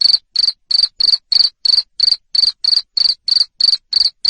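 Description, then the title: Cricket chirping, loud high pulsed chirps repeated in a steady run, with no other sounds. Loud cricket chirping played to make lovebirds sing ngekek continuously. "Suara JANGKRIK NGERIK Keras Bikin LOVEBIRD Jadi NGEKEK Terus Vubey"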